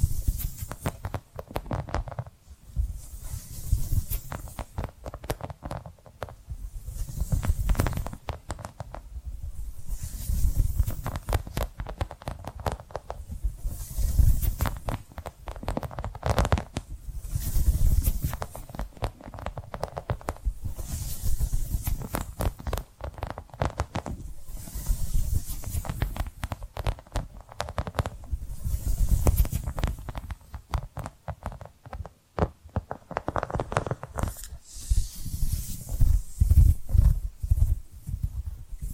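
Tapping and scratching sounds come in repeated bursts roughly every few seconds, each swelling from a low rumbling rub into brighter scratchy hiss before easing off. Between bursts, quieter dense tapping continues, and the pattern stays fairly regular throughout.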